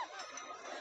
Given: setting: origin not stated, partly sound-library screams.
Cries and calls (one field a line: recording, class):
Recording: one-second piece from a danger detection set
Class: woman in danger